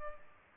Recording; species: mosquito wingbeat signal from an infrared sensor; Culex pipiens